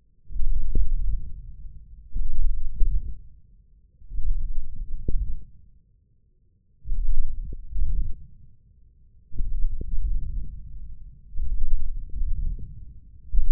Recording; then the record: forearm muscle sounds (acoustic myography)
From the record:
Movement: wrist extension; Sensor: system 1, eight BSWA MPA416 microphones around the upper forearm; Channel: 5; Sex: male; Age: 20 years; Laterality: left